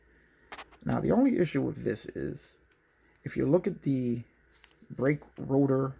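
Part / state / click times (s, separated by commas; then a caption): model car wheel onto rear axle / seated / 0.5 s. A plastic scale-model wheel and tire assembly for a Revell Monogram '98 Pontiac Ram Air is pressed onto the rear axle. A short, sharp click at 0.5 s marks the wheel locking into place on the axle, and then someone talks.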